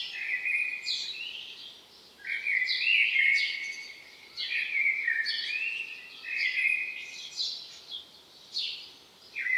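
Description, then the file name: Common blackbird calling in bursts of high, scratchy chattering notes with a fluty sliding note beneath, coming in loose phrases about every two seconds with short pauses. "Turdus merula"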